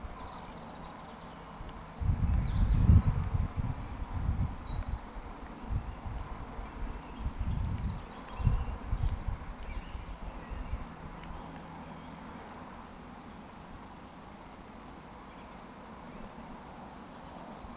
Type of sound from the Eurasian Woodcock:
whistle